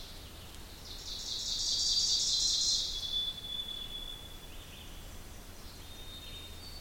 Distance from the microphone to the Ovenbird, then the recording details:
about 35 m. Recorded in boreal forest in Alberta, Canada, on 2 June 2016 at 06:15. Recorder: SongMeter 3, array SBT-3-7. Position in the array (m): 193 m, 4 m. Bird 6